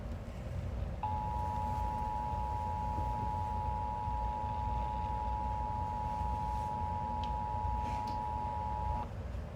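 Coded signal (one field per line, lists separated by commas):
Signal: Emergency Alert System (SAME) tones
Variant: 853 and 960 Hz attention tone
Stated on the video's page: Severe thunderstorm warning heard on a weather radio transmitter and two broadcast stations.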